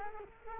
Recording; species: mosquito wingbeat signal from an infrared sensor; Culex quinquefasciatus